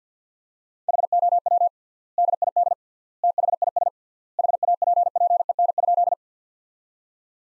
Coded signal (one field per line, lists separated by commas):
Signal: Morse code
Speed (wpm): 50 wpm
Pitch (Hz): 700 Hz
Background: none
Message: HOW DID THIS HAPPEN?